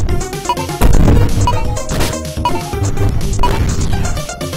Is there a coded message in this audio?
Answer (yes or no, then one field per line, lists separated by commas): no